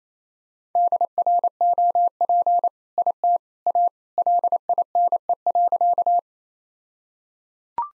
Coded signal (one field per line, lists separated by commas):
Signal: Morse code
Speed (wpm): 28 wpm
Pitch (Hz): 700 Hz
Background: none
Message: DROP IT A LINE.